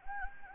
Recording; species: mosquito wingbeat signal from an infrared sensor; Anopheles gambiae